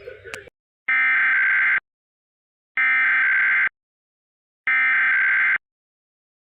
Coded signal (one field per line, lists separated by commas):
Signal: Emergency Alert System (SAME) tones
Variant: header bursts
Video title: EAS 6964-6986. EAS Alerts from the week of 1/12/25-1/18/25